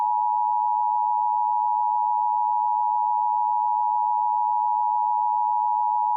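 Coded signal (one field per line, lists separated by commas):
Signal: Emergency Alert System (SAME) tones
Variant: 853 and 960 Hz attention tone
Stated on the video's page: Fictional mock alert with a SAGE screen and VHS effects.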